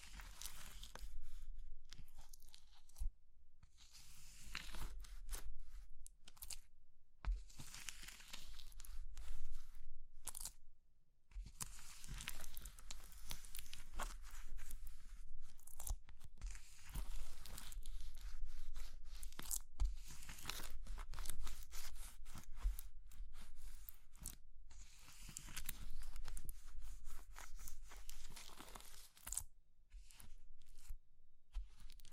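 Crushing of crumbly materials like soap, chalk, meringue and pastel: dense, crackling crunches and crinkles follow one another almost without pause. Brief silent gaps break the flow near 3, 8 and 11 seconds, and a low steady hum sits underneath throughout.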